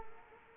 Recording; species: mosquito wingbeat signal from an infrared sensor; Culex quinquefasciatus